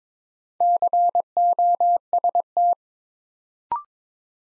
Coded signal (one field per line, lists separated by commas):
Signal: Morse code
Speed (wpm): 22 wpm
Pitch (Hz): 700 Hz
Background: none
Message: COST